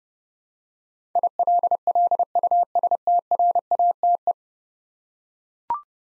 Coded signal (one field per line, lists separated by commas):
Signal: Morse code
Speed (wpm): 30 wpm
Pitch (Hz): 700 Hz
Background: none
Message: ILLUSTRATE